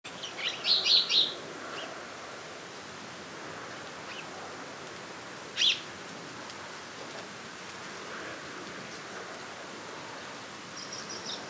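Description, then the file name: House sparrow chirps: a quick burst of four or five bright notes near the start, then one lone chirp midway, over steady background hiss. "Passer domesticus"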